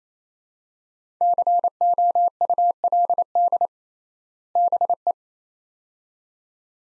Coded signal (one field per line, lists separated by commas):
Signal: Morse code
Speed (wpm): 28 wpm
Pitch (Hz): 700 Hz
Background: none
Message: COULD BE